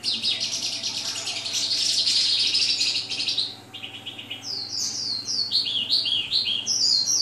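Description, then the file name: Oriental skylark singing a dense, buzzy warbling stream, then a run of quick descending high whistles, with a faint low hum behind. Vietnam. "suara kicauan sonca branjangan vietnam. omkicau"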